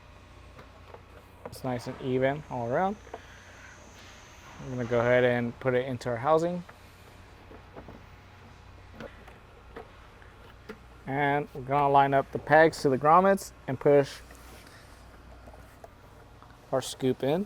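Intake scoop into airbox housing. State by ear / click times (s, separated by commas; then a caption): not seated / none. A plastic intake scoop for a Takeda Stage-2 intake on a Kia K5 GT / Hyundai Sonata N-Line is placed into the airbox housing, with its pegs lined up with the grommets before it is pushed in. Someone talks in bursts while short handling knocks sound at about 1.5, 9.0, 9.8, 10.2, 10.7, 15.8 and 16.4 seconds. The scoop has not been pushed home yet, so nothing has seated or clicked.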